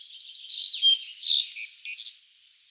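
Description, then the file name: Black-faced bunting chirping, a quick jumble of high thin notes and short slurs lasting under two seconds, then quiet. "Ovsjanka sedogolovaja"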